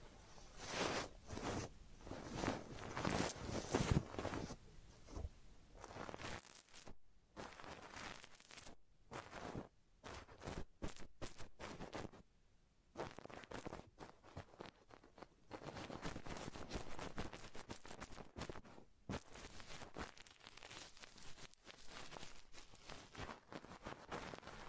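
A head massage and ear cleaning, with dense rubbing and scratching that comes in rapid bursts, broken by brief silences around seven, nine and thirteen seconds.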